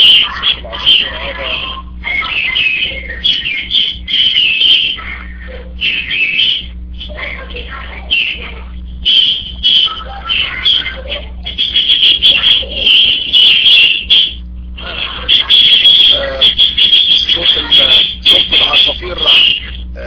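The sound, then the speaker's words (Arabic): Loud, dense chirping of sparrows, a constant high-pitched twittering chorus that pauses only briefly now and then, with a steady low hum running underneath. “شيخي صوت العصافير مرتفع جدا شيخنا.”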